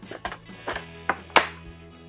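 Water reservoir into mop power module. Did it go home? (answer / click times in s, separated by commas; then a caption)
yes / 1.4 s. A plastic water reservoir with its screw cap and rubber component is set into a cordless electric mop's power module over a steady low hum. Light handling knocks at about 0.3 s and 1.1 s lead to a sharp, bright click at 1.4 s as the reservoir seats in the power module.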